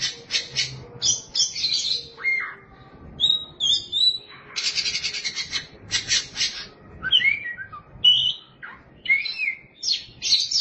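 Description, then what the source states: Oriental magpie-robin song: varied phrases of sweet whistles, harsh buzzy notes and quick chattering runs, mostly high-pitched, delivered in bursts with brief pauses. Kacer song.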